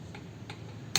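A click-type torque wrench set to 103 Nm tightens a wheel nut. Faint ratcheting ticks come first, around 0.2 s and 0.5 s, followed by a sharp, loud click at 0.9 s as the wrench reaches its set torque.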